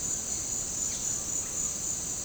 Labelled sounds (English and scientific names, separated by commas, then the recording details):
none
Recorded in dense forest near Puerto Asís, Putumayo, Colombia, on 21 February 2024 at 08:00
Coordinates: 0.503, -76.322
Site G6418